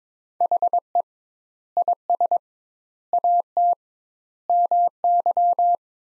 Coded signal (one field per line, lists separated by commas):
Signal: Morse code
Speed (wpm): 22 wpm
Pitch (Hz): 700 Hz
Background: none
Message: HE IS AT MY